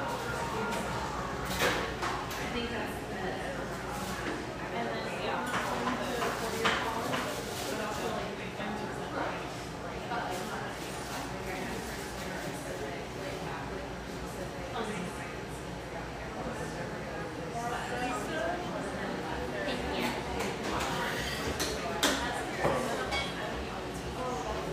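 A busy scene in Portland's Pearl District, with many overlapping voices talking at once in a steady, dense murmur throughout. Frequent sharp clicks and clattering knocks, like footsteps or dishes, pop out every second or so, over a constant low hum.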